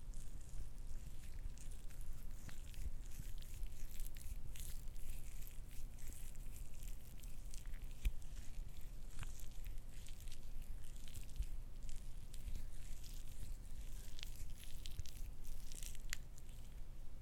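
Lotion is squeezed and worked in short, irregular squelches and wet clicks that pop up every second or so across the whole stretch, bright. Underneath runs a steady low hum that never changes.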